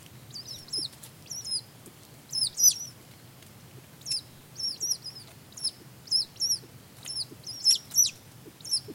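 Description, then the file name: Rail calling in high, sharp chirps, often in pairs or triplets, each note bending up then down, repeated steadily about once a second against quiet background. "kuina"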